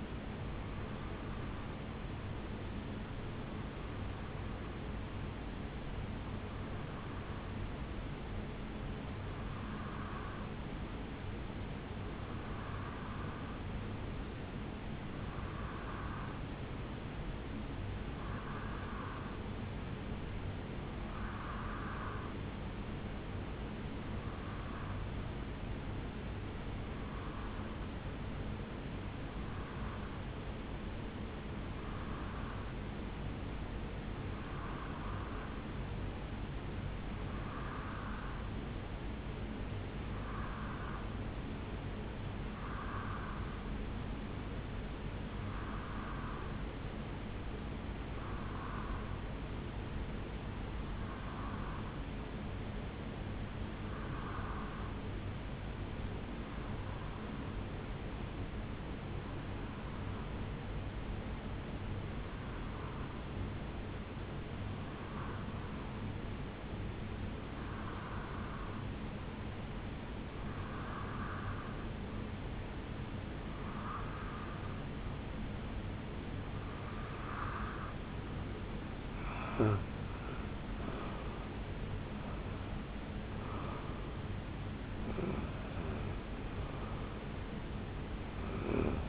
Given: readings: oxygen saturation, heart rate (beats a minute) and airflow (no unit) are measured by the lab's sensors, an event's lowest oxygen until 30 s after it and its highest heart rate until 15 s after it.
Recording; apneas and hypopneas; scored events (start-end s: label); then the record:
breathing in sleep by a voice recorder at the bedside; 1
8.00-89.09 s: new sleep stage, REM sleep
16.00-80.50 s: hypopnea (REM, oxygen 90% highest, then 85% lowest, heart rate 67 at the start, 76 highest)
From the record:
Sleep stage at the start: N1 (lightest sleep); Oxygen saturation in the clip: 85 to 91%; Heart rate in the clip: 65 to 76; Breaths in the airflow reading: 26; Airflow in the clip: -8.6 to 6.0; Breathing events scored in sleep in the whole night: 449 in 7.0 hours asleep